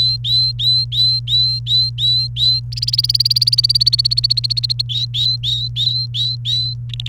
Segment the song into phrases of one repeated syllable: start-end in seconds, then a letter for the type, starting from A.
0.00-2.60 A, 2.72-4.82 B, 4.89-6.73 A, 6.90-7.08 C